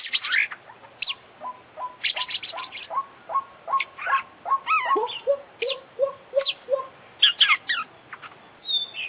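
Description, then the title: Oriental magpie-robin singing: a run of short, evenly spaced mid-pitched whistled notes, mixed with higher sharp chirps and trills. Champion contest Oriental magpie-robin from the Indonesian songbird hobby; full 'isian' song, meaning the complete set of song phrases, recorded for training birds. "Full Isian Juara Internasional Burung KACER Gacor"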